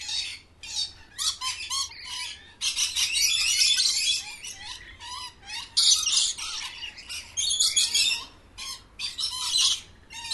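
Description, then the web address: Parrots give rapid, choppy squawks and rasping screeches in irregular bursts, with short pauses between flurries. Parrots kept in cages at a zoo. "sound from a zoo where parrots are kept in cages"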